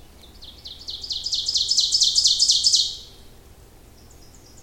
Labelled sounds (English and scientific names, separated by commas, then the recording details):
Ovenbird (Seiurus aurocapilla) song
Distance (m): 10 m
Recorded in boreal forest in Alberta, Canada, on 26 May 2016 at 06:08
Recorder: SongMeter 3, array SBT-3-15
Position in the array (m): 47 m, 284 m
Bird 20